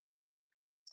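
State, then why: Seated. A plastic building-block part from a Blokees Action Edition 05 Tarn and Nickel buildable action figure kit is pressed fully onto its mount on the model. After near silence and a faint small tick around 0.5 s, a sharp, bright plastic snap at 0.9 s shows the part clicking into place and seating fully.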